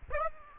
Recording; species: mosquito wingbeat signal from an infrared sensor; Aedes aegypti